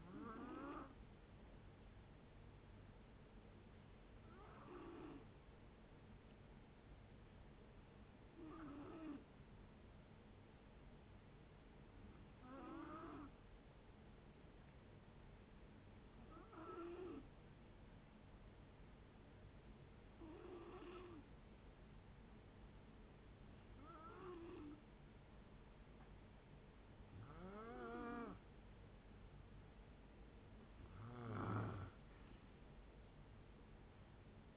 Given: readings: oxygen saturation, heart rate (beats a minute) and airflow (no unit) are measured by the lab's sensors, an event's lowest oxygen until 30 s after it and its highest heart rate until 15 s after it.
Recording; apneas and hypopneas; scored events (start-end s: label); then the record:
breathing in sleep by a voice recorder at the bedside; 1
10.00-27.80 s: hypopnea (N2, oxygen 93% highest, then 90% lowest, heart rate 61 at the start, 70 highest)
From the record:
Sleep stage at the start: N2 (light sleep); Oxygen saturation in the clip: 91 to 94%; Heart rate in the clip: 61 to 69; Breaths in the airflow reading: 9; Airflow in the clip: -5.0 to 5.1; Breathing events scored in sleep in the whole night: 496 in 5.4 hours asleep